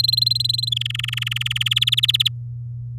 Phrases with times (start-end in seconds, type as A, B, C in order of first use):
0.00-0.69 A, 0.72-1.74 B, 1.76-2.28 C